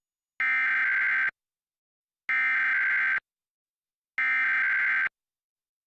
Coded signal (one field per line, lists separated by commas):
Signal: Emergency Alert System (SAME) tones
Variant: header bursts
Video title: EAS RMT In Washington DC (8-24-22 WHUT-DT1)